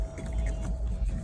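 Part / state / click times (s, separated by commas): headlight assembly into truck front-end mount / not seated / none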